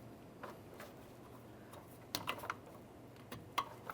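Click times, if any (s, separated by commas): 2.2 s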